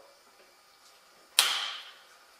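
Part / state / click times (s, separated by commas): trigger guard latching into rifle stock / seated / 1.4 s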